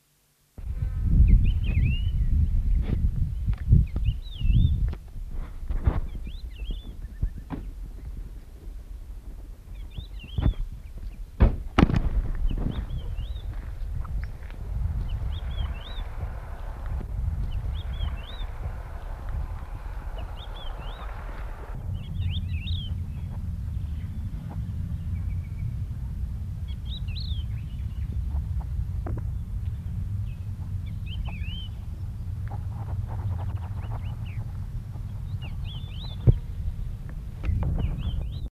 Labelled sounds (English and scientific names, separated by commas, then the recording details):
Thekla's Lark (Galerida theklae) call
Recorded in the wild
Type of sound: call
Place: Mallorca, ES
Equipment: Halbspur, 9,5 cm/s
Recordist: Lütgens, Hans
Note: Capdella und an der Südküste